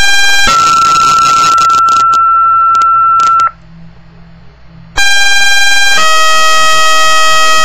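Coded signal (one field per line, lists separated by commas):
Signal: two-tone page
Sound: buzzy steady tone, short pause, then one tone dropping to a lower long tone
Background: small room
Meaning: Alert for the daily announcements to fire and rescue squad members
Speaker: that was the um minute or two um alerting for our daily announcements it was also the unit in um 350c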